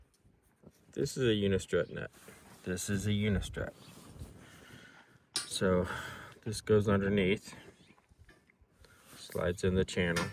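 A unistrut nut is placed underneath and slid along a steel unistrut channel, with small metallic contact noises, including a sharp one at about 5.4 seconds. Someone talks throughout. Nothing has locked or clicked into place yet.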